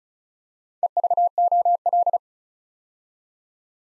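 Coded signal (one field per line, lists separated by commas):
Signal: Morse code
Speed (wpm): 36 wpm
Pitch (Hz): 700 Hz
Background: none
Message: EVOL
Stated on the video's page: Morse practice drill building 6-letter words two letters at a time at 35 wpm, for instant character recognition.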